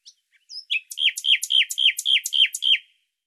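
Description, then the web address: Bird song: after a few short notes, a steady series of about eight bright, slurred, downward notes, several a second. "Deverinetal 2025"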